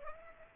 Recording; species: mosquito wingbeat signal from an infrared sensor; Aedes aegypti